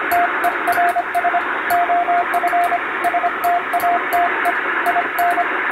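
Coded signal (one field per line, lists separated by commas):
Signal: Morse code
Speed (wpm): 25 wpm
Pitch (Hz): 700 Hz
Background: radio noise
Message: TERS OF STATE IN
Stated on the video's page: Morse (CW) reception practice with the signal buried in shortwave noise, recorded on the amateur bands by a first-class radiotelegraph operator.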